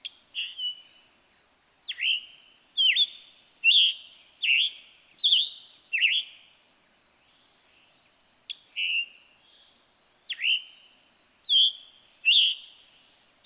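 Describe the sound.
Scarlet tanager singing a steady string of raspy, burry notes, each sliding down slightly, grouped in bursts with short gaps between.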